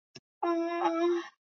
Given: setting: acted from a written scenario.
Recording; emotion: vocal sound without words; pain